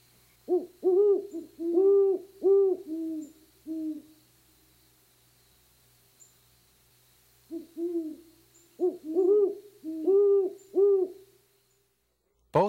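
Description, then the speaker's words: Great Horned Owl giving deep, muffled hoots in two bursts of several notes, separated by several seconds of quiet. Deep hooting vocalization; the classic hoot owl. "The classic hoot owl is the great horned owl. Listen to this deep vocalization."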